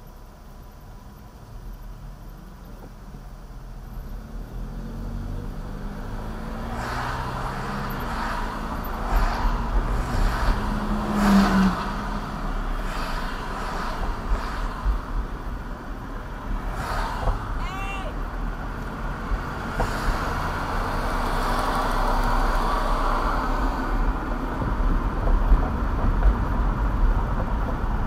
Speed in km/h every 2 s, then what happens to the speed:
0, 0, 5, 18, 24, 29, 31, 29, 27, 29, 34, 35, 37, 39.
0-3 standing. 3-11 pulls away to 31. 11-16 steady at about 29. 16-28 speeds up to 39.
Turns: none.